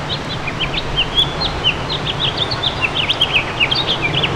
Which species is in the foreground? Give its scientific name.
Haemorhous mexicanus